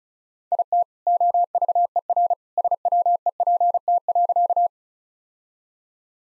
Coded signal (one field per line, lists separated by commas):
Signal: Morse code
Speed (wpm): 34 wpm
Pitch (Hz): 700 Hz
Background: none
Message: IT OVER SWEPT.